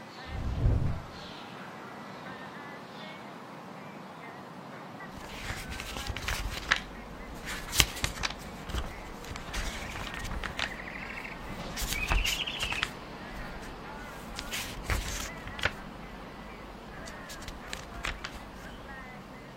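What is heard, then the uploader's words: A low thump opens, then from five seconds a flying broom and open book bring steady rustling, sharp snaps and brief squeaks. Flying broom, open book.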